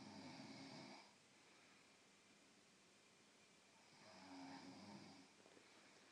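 An adult sleeping on a couch gives two loud, rough inspiratory snores about four seconds apart, each lasting roughly a second, with quiet breathing between them. The low, buzzing, vibrating tone marks ordinary snoring during sleep, at about 14 breaths a minute.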